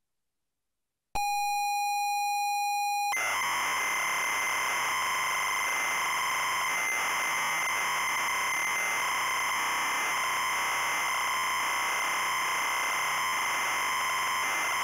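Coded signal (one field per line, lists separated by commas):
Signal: ZX Spectrum tape loading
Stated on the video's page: Full ZX Spectrum tape loading of The Addams Family game.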